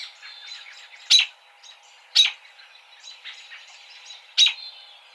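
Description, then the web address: American robin calls: three loud, sharp notes roughly a second or more apart, over steady softer twittering in the background. Recorded on 29 March 2007. "American Robin 2007 03 29"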